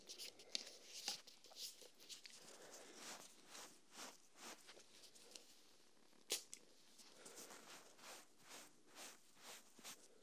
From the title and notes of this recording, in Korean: 뾰루지 피부관리 ASMR (클렌징, 스팀, 눈썹정리, 압출, 소독).